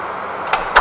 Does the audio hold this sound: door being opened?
yes